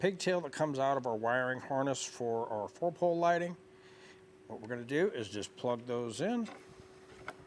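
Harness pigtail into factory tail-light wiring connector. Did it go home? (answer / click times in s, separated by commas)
no / none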